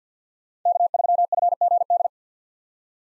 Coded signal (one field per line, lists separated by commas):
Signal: Morse code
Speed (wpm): 50 wpm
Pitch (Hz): 700 Hz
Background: none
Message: K3FGD